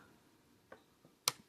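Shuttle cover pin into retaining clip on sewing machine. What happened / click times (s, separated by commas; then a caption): The metal pin snapped home behind its lock clip / 1.3 s. On a vintage Bernina 534 sewing machine, the shuttle cover is pressed back with force until its pin engages behind the metal lock clip. A faint tap comes at 0.7 s and a soft knock at about 1.0 s, then a sharp, loud click at 1.3 s as the pin snaps behind the clip. The shuttle cover is seated and confirmed locked in place.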